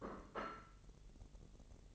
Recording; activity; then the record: daily activity, microphone in the room; place plate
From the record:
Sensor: 4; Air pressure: 1002.9 hPa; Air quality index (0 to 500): 249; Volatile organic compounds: 20 ppm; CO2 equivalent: 2697 ppm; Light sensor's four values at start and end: 5/12/4/5 and 5/12/4/5